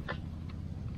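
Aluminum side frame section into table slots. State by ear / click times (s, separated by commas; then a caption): seated / 0.1 s. An aluminum side frame section of an EDEUOEY aluminum folding camping table is pressed down into its slots, snapping at 0.1 s and locking into place with a pressure fit. A fainter tick follows at about 0.5 s over a low background hum. The frame section is seated.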